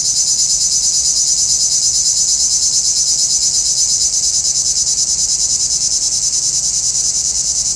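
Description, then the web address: Cicada producing a steady electric buzz with quick, even throbs in one unbroken high drone. "Nature Sounds – Nature Chill Out 2014. Sounds from a Rnewood Cicadas"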